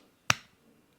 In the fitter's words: twist it and put it in twist until you hear click and it should be good to go now